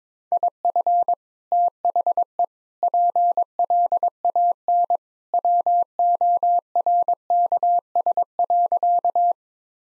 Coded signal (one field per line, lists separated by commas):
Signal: Morse code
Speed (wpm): 22 wpm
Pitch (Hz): 700 Hz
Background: none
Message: IF THE PLAN WORKS.